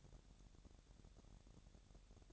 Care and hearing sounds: daily activity, microphone in the room; take from stove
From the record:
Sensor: 3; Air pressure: 1012.0 hPa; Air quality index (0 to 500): 208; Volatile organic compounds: 4 ppm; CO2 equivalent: 1555 ppm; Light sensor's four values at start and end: 114/268/112/101 and 114/268/112/101

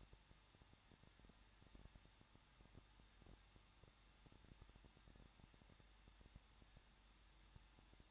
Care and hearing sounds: daily activity, microphone in the room; no activity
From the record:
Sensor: 3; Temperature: 21.2 degrees Celsius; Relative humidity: 36.3%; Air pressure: 1006.3 hPa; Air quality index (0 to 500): 222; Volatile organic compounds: 41 ppm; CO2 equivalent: 3166 ppm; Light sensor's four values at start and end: 2/3/2/2 and 2/3/2/2

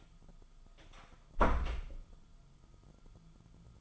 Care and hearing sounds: daily activity, microphone in the room; close door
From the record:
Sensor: 5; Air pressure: 1005.1 hPa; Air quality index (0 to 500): 98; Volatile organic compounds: 2 ppm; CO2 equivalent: 1190 ppm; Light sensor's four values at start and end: 35/80/32/31 and 35/81/32/31

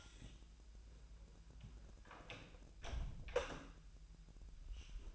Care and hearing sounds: daily activity, microphone in the room; close door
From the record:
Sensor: 2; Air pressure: 1001.0 hPa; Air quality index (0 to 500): 249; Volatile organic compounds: 97 ppm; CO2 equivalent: 3736 ppm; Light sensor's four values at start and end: 10/23/10/10 and 10/23/10/10

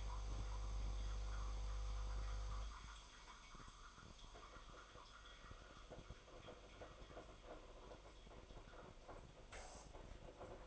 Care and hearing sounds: daily activity, microphone in the room; make coffee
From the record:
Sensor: 5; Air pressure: 995.2 hPa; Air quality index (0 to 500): 98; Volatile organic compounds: 6 ppm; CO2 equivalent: 1852 ppm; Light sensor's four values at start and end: 26/64/25/25 and 25/62/25/24

